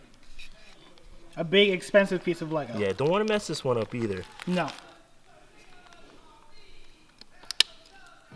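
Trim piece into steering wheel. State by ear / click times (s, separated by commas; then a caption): seated / 7.5 s, 7.6 s. A carbon fibre and leather trim piece for a Civic steering wheel is lined up by its tabs and pressed into the new steering wheel while someone talks. A small tick at 7.5 seconds is followed by a sharp, loud snap at 7.6 seconds. The trim piece is seated, with the tab pushed all the way in.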